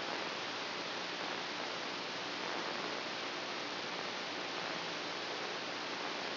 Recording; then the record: brain microelectrode recording played as sound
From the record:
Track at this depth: inside the subthalamic nucleus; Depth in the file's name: 1.727 mm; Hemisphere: right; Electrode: 2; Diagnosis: Parkinson's disease